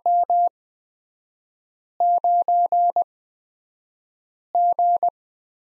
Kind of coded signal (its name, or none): Morse code